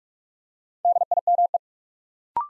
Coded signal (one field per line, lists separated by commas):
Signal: Morse code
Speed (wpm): 44 wpm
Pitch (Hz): 700 Hz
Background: none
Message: DIME